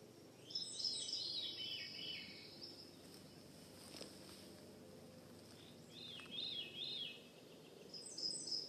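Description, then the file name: Veery song: fluty, downward-spiralling phrases, one long phrase early and shorter ones later, over a steady soft background hiss. Recorded in Juneau, Alaska, on 15 June 2014. "Veery Alaska Juneau Laurie Lamm"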